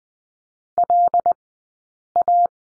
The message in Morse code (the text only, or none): LA